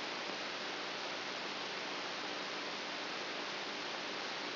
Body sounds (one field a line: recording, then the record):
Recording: brain microelectrode recording played as sound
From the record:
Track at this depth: outside the subthalamic nucleus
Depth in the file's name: 6.64 mm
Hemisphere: right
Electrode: 2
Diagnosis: Parkinson's disease